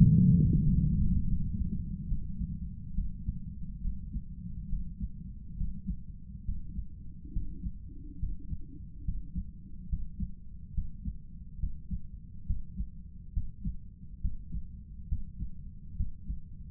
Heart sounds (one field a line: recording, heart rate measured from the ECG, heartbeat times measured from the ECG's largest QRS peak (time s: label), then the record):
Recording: heart sounds by stethoscope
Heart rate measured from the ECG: 70 bpm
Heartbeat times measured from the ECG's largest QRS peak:
0.63 s: heartbeat
1.28 s: heartbeat
2.08 s: heartbeat
2.94 s: heartbeat
3.81 s: heartbeat
4.69 s: heartbeat
5.56 s: heartbeat
6.44 s: heartbeat
7.32 s: heartbeat
8.18 s: heartbeat
9.04 s: heartbeat
9.88 s: heartbeat
10.73 s: heartbeat
11.59 s: heartbeat
12.45 s: heartbeat
13.32 s: heartbeat
14.20 s: heartbeat
15.08 s: heartbeat
15.96 s: heartbeat
From the record:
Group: healthy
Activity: rest 0-2 s, breath hold 2-17 s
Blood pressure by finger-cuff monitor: 166/91 mmHg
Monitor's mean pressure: 108 mmHg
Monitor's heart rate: 69 bpm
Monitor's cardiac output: 6.9 L/min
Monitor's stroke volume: 98 mL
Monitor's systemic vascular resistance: 1130 dyn s/cm5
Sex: male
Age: 57 years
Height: 188 cm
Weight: 106 kg